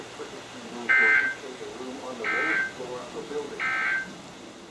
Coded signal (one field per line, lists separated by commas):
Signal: Emergency Alert System (SAME) tones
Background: speech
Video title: EAS #1402-#1410 | KHB36, WXM42, & WNG736